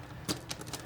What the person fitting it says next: and that just snaps right in place.